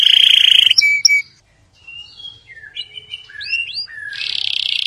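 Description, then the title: Canary song with a bright high trill, a few thin whistled slurs and soft warbles after a short gap, ending in another fast high trill. "Kenari"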